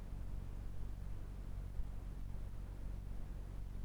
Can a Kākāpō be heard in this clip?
no